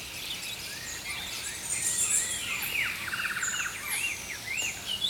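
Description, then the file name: Songbirds in a brief mixed chorus: high whistles, a short buzzy trill and scattered chirps overlap above a steady hiss. Early morning. "Healing Power Natural Sounds Oasis - Early Morning Songbirds"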